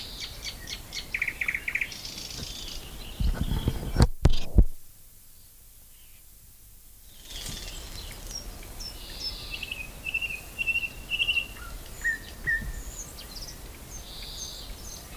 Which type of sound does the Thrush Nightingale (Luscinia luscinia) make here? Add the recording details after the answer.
song. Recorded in the wild. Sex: male. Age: adult. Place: Blankenfelde, Berlin, DE. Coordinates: 52.6231, 13.3747. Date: 1999-05-02 11:18. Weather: fair, 11 - 15°C. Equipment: Nagra SN, Kopie Uher 4000 Report Monitor. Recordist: Tembrock, Günter